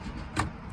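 A white plastic wiring plug on the factory turn-signal harness of a Genesis Coupe is pulled apart and unplugged. A single sharp click is heard at 0.4 s over a low background rumble, and the connector comes free.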